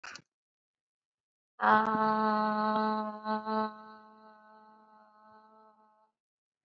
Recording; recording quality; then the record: sustained vowel as in made; excellent, no background noise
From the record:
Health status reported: recovered from COVID-19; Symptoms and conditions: cough, cold, fatigue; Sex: female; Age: 20 years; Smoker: not ticked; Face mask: worn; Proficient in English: yes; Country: India